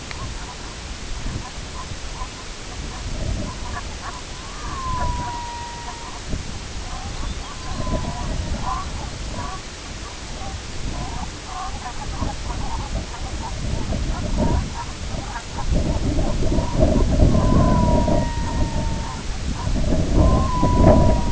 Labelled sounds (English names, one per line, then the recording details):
unidentified sound
Red-throated Loon
Lapland Longspur
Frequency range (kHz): Red-throated Loon 0.8-2.4 kHz; Lapland Longspur 3.0-5.0 kHz
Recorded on Arctic tundra, site IGLO-B, on 21 June 2018
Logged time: 07:59